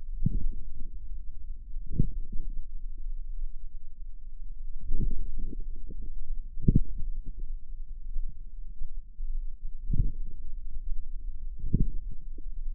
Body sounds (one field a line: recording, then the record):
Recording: forearm muscle sounds (acoustic myography)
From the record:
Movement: inward rotation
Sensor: system 2, bracelet of six BSWA MPA416 microphones around the upper forearm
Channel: 4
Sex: female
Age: 23 years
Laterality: right